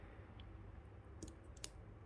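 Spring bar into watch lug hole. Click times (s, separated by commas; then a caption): 1.6 s. The second spring bar, on the other side of the strap, has its end compressed and pushed into the steel lug hole of a watch. A few faint ticks come first, then a sharp, bright click at 1.6 s as the spring bar seats in the lug, and the strap is mounted.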